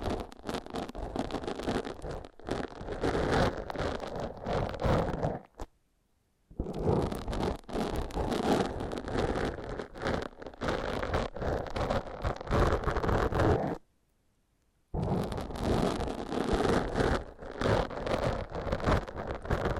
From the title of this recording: Foam Massage